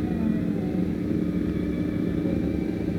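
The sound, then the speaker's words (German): A steady, dense rumble of street traffic of passing automobiles with a low engine drone and faint rattling texture, continuous and fairly loud throughout with no voices. “Eine Violine mitten im Rattern der Automobile?”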